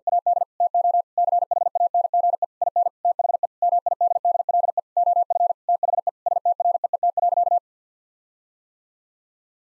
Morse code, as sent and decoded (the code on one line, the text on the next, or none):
.- -.. / - --- / -.-. .... .- -. --. . / .. -. / - .... . / -- .. -.. -.. .-.. . / --- ..-. / - .... . / ... - .-. . . - .-.-.-
AD TO CHANGE IN THE MIDDLE OF THE STREET.